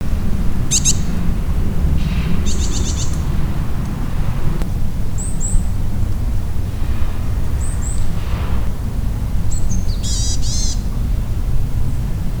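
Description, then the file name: Varied tit calls: short bursts of thin, high, nasal notes at irregular intervals, partly masked by a steady low rumbling noise throughout. "yamagara"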